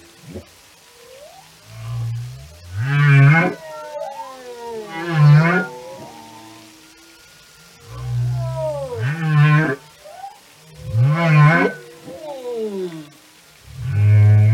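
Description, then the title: Whale song in repeated phrases: deep moans each followed by bright, wavering harmonic cries and gliding whistles, repeated several times. Whale songs and communication. "Whale Behavior"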